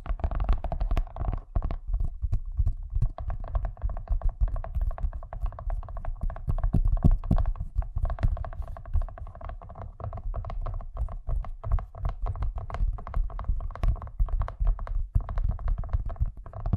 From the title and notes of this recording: ASMR Braingasm Inducing Fast Tapping (No Talking).